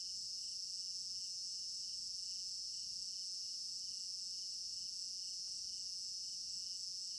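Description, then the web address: Crickets chirping in a dense, continuous high-pitched chorus, a steady shimmering trill with a softer pulsing band beneath, and faint scattered clicks at low level. Crickets in an African village garden at night; stereo binaural recording. "African-Village Garden Night Crickets Stereo-Binaural. immersive sound library"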